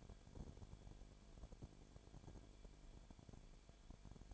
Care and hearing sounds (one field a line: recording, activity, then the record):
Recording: daily activity, microphone in the room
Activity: no activity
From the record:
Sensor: 5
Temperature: 19.8 degrees Celsius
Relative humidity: 33.3%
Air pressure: 1001.4 hPa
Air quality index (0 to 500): 31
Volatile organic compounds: 1 ppm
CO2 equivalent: 523 ppm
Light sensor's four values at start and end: 2/3/1/1 and 2/3/1/1